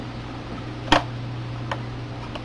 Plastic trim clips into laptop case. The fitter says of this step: Pop. Pop. And pop.